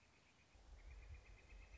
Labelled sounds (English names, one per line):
Northern Flicker